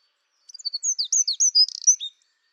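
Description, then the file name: Eurasian wren delivering a rapid run of sharp, high-pitched chirps and short trills, about one and a half seconds long, with no other sounds. "Troglodytes troglodytes"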